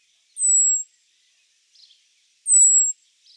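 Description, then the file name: Common blackbird uttering two long, piercingly high, thin whistles about two seconds apart, each dropping slightly in pitch, with faint soft chirps in between. "Turdus merula"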